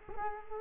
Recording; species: mosquito wingbeat signal from an infrared sensor; Culex quinquefasciatus